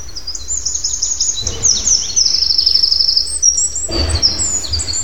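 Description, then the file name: Eurasian wren singing: rapid, very high trills and sharp twittering notes running continuously, with a low rumble of background noise underneath. "Troglodytes troglodytes"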